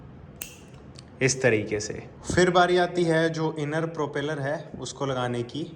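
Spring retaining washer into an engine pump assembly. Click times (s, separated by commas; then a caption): 0.4 s. A metal spring retaining washer is dropped into an engine pump assembly while the spring is held compressed during a KTM 200 cc motorcycle engine rebuild. A sharp metallic click at 0.4 s marks the washer locking into place, seated. Someone then talks.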